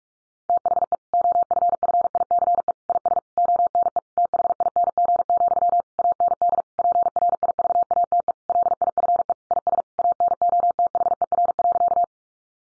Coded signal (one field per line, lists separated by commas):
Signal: Morse code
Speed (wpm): 44 wpm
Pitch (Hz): 700 Hz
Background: none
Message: THE OFFICE IS ONE THING, AND PRIVATE LIFE IS ANOTHER.